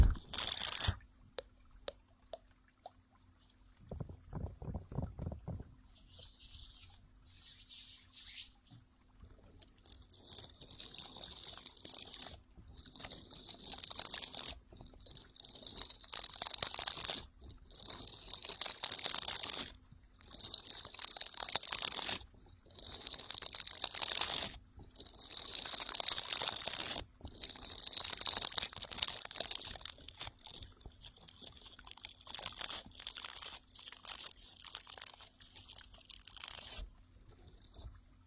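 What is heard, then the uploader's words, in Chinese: A face-washing brush is worked under running water, giving repeated bursts of bright, hissing scrubbing about every two to three seconds with brief pauses between. The opening seconds hold scattered clicks and a short low thumping, and a faint steady hum runs underneath throughout. 眠音哄睡 洗脸刷 流水棒。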